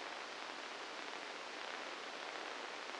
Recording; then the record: brain microelectrode recording played as sound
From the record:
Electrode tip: inside the subthalamic nucleus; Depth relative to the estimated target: 2 mm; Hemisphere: left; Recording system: NeuroSet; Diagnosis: Parkinson's disease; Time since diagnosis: 9 years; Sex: male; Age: 61 years